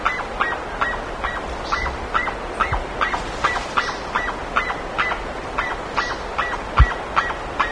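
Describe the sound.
Bird calls: a regular series of brief nasal notes about two and a half per second, with occasional low thumps and steady hiss.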